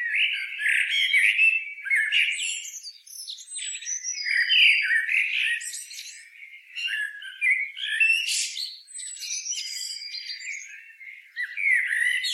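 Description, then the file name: Eurasian blackbird singing continuously, warbled notes mixed with thin high whistles and scratchy twitters throughout. "Turdus merula"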